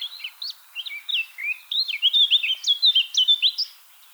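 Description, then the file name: Eurasian blackcap singing a continuous phrase, starting with scratchy warbles and building into louder, clear whistled notes that rise and fall quickly. "Sylvia atricapilla"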